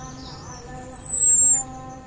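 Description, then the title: Orange-headed thrush with one sustained, needle-thin high whistle sliding slightly lower over about a second, quiet hiss around it. Cip and brebetan call types. "Anis Merah Suara Cip & Brebetan"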